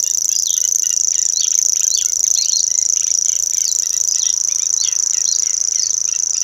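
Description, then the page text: Common grasshopper warbler song, a continuous high mechanical reel without pause, while other birds add varied whistles and chirps beneath it. Song, recorded at Bebertal, Germany, during a sound recording camp near Süplingen near Magdeburg, East Germany, in June 2008. "cgrasshw locustella naevia. Singwarte nature sound recording camp – Patrick Franke. Süplingen near Magdeburg, East-Germany"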